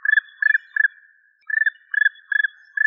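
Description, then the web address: Black woodpecker calls, several short rolling bursts of three or four quick notes, with a brief pause midway, in a quiet background. "Dryocopus martius"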